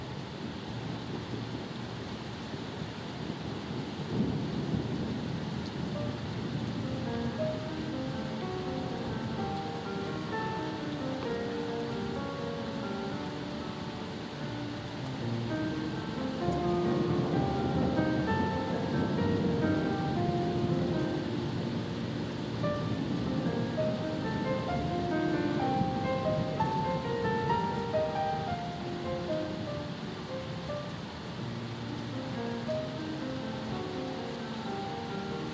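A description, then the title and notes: A steady, dense rush of sea and storm fills the low end for the whole stretch, swelling slightly after about four seconds and again from sixteen to twenty-eight seconds. Soft music plays over it throughout, a slow scatter of sustained mid and high notes. Tranquil sounds of a thunderstorm at sea, accompanied by soothing music.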